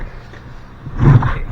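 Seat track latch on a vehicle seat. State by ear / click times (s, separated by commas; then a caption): not seated / none. The driver's seat of a 1991 Ford Explorer being converted to a Jeep is slid along its track and pushed to lock, over a quiet low background that swells into a louder low rumbling slide from about 0.9 s to the end, with a brief thump near 1.2 s. The seat track latch does not engage, and nothing has seated or clicked, because something is wrong with the latching system.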